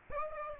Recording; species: mosquito wingbeat signal from an infrared sensor; Aedes aegypti